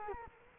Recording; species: mosquito wingbeat signal from an infrared sensor; Culex quinquefasciatus